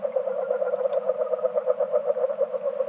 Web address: Agile Frog